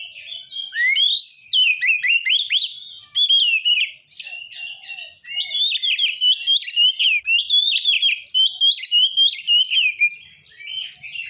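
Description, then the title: Oriental magpie-robin in full song, a long stream of quick, varied whistles and harsh chatter notes with barely any pause. "kacer"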